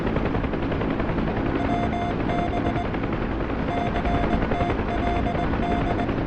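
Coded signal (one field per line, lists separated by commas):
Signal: Morse code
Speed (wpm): 20 wpm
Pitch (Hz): 700 Hz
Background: none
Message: WB CTLD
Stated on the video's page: Morse heard in a helicopter search-and-rescue flight simulator game.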